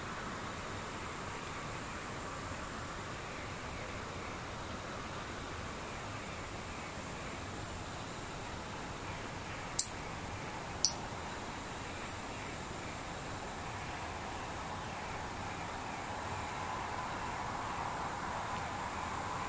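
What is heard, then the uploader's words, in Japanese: Near silence with a soft, steady hiss and faint distant insects holding a thin high tone, broken by two sharp clicks around ten seconds. 無音 遠くにムシ。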